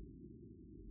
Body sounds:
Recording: neck accelerometer signal played as sound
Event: no cough (speech, laughter, throat clearing or background)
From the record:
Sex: male

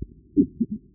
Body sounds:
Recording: neck accelerometer signal played as sound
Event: voluntary cough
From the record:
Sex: female

